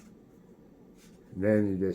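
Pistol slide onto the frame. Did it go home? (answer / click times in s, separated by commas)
no / none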